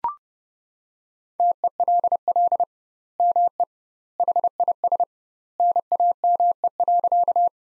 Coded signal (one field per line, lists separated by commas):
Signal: Morse code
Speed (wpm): 30 wpm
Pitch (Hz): 700 Hz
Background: none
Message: TELL ME HIS NAME.